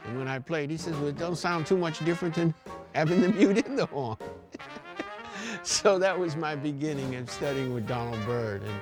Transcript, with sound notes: And when I played he said, Well it don’t sound too different than having the mute IN the horn. (laughs) So that was my beginning of studying with Donald Byrd.